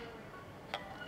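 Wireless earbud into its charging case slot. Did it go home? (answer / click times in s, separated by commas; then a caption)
yes / 0.7 s. A wireless earbud is dropped into its plastic charging case and pulled into its slot. Against a low steady background, a single sharp tick sounds at 0.7 s as the earbud snaps and seats in place.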